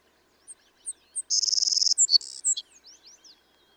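Savannah sparrow singing: a few high, thin chips lead into a long insect-like buzzy trill, closing with a lower buzz, followed by soft faint chirps.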